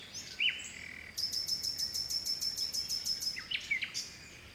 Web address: Seaside Nature And Waves Nature Forest Birds Wind Early Morning Spring Distant Sea Mediterranean Grece